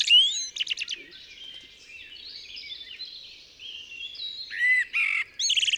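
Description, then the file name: Common blackbird song, a varied jumble of twittering and whistled phrases, with sharp high chirps near the start and buzzy high notes toward the end. "Turdus merula"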